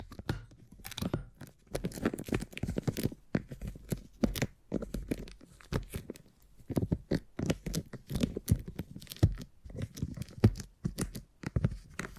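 Beeswax being handled, with sticky tearing and crinkling sounds that come in quick, irregular bursts. Crackly pulls and presses follow one another densely across the twelve seconds, with brief quiet gaps between clusters. Most of the sound sits low and dull, with occasional brighter crackles.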